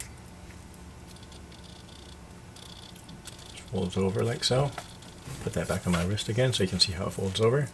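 A metal single fold-over deployment clasp on the matching blue alligator leather strap of an Omega Speedmaster Two Counters Chronometer Moonphase Chronograph 304.33.44.52.03.001 is handled on the wrist and folded over. Faint handling rattles are heard while someone talks. The clasp has not yet snapped shut, and nothing has seated or clicked yet.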